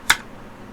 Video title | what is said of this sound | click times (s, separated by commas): Memanah Recurve - 1. Riser/Handle | Ya, bila dah klik tu, riser lim ni tak akan jatuh. | 0.1 s